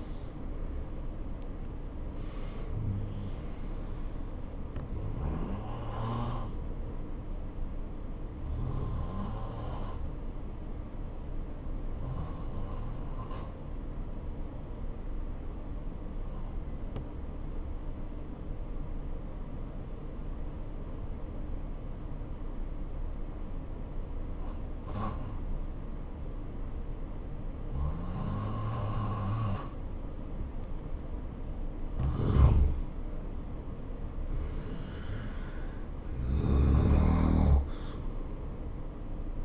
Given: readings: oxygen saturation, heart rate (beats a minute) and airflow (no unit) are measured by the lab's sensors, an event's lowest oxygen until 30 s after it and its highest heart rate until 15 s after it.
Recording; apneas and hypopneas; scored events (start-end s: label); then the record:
breathing in sleep by a smartphone at the bedside; 1
10.00-31.10 s: obstructive apnea (REM, oxygen 92% highest, then 85% lowest, heart rate 70 at the start, 70 highest)
From the record:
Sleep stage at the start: REM sleep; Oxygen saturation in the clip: 81 to 93%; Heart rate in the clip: 62 to 74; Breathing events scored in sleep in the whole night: 277 in 7.4 hours asleep